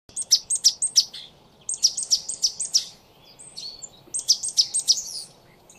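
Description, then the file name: Great tit calls, high sharp notes delivered in quick runs of several, three bursts separated by short pauses, over faint low background hiss. "Parus major"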